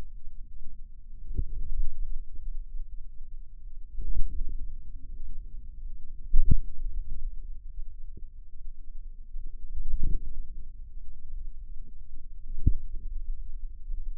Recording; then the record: forearm muscle sounds (acoustic myography)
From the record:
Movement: radial deviation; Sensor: system 2, bracelet of six BSWA MPA416 microphones around the upper forearm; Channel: 5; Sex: female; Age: 23 years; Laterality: right